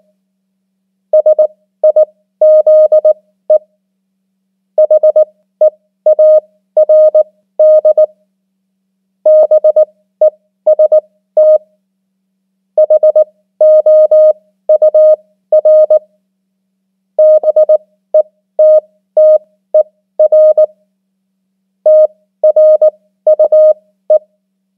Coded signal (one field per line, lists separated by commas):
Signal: Morse code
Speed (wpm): 19 wpm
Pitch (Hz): 620 Hz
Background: none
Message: SIZE HEARD BEST HOUR BETTER TRUE